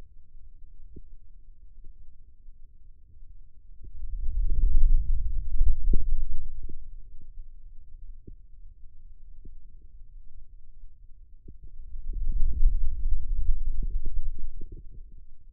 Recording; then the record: forearm muscle sounds (acoustic myography)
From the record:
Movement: wrist extension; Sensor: system 2, bracelet of six BSWA MPA416 microphones around the upper forearm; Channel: 1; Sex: male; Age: 22 years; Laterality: right